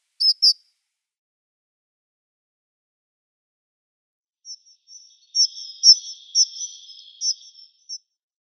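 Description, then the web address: Dunnock giving two high thin notes, then after a pause a quicker run of sharp, high tseeping notes over a faint thin hiss. "Schulze Peter Dunnock"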